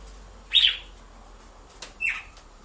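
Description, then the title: Red-cowled cardinal with two brief chip notes about one and a half seconds apart over a low hiss. Female red-cowled cardinal song used to warm up males, with a beat of two males. "Canto Galo Campina Fêmea 01. ESQUENTE GALO DE CAMPINA COM BATIDA DE DOIS MACHOS"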